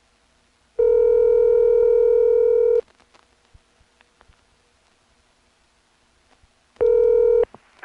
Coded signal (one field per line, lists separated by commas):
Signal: telephone call progress tone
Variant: North America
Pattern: ringback tone